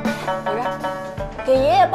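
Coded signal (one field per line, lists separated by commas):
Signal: none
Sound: beeps in a drama scene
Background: speech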